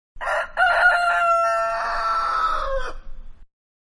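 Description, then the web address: Rooster crowing: one long, loud, harsh cock-a-doodle-doo lasting about three seconds, held steady, then dropping at the end. "Manhattan Production Music. Rooster"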